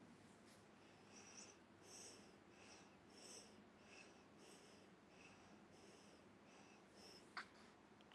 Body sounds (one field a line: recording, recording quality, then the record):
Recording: shallow breathing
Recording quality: excellent, no background noise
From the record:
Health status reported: healthy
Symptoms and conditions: none ticked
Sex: female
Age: 70 years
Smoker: not ticked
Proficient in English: yes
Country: India